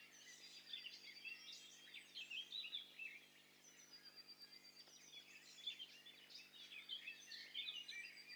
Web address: Hi Fi STEREO BIRD COCKTAIL PARTY Challenge SBCP TESTSET HDBird Cocktail Party